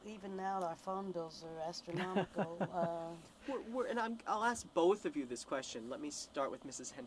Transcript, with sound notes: Even now our phone bills are astronomical.
[Chuckles] Where — and I'll ask both of you this question. Let me start with Mrs.